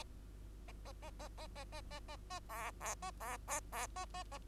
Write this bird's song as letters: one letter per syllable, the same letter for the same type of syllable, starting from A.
A A A A A A A A A A B B A B B B A A A